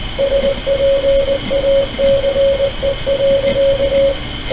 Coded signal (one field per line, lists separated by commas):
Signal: Morse code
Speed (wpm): 19 wpm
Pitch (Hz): 550 Hz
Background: radio noise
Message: SPACE.